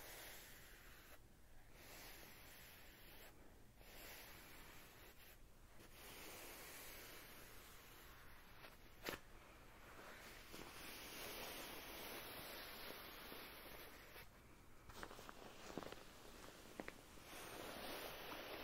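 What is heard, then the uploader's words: Layered sounds with hand movements form a dense, steady rushing hiss, full, resembling surf or wind. Brief dips break it in the first six seconds, and sharp taps or clicks land near nine, fifteen and seventeen seconds. ASMR Pulling Your Stress Away (layered sounds & hand movements).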